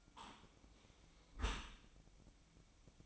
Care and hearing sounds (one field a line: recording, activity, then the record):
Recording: daily activity, microphone in the room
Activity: close dishwasher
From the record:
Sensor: 1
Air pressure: 1003.1 hPa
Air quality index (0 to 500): 196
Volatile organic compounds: 6 ppm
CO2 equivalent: 1869 ppm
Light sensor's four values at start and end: 18/45/19/22 and 18/45/19/22